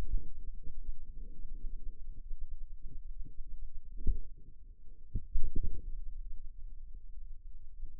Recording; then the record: forearm muscle sounds (acoustic myography)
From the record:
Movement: pen grasping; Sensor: system 2, bracelet of six BSWA MPA416 microphones around the upper forearm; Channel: 1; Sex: female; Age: 23 years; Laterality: right